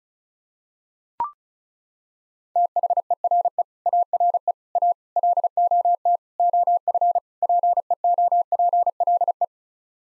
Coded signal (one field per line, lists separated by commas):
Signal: Morse code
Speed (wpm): 34 wpm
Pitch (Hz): 700 Hz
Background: none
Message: THERE ARE A LOT OF PEOPLE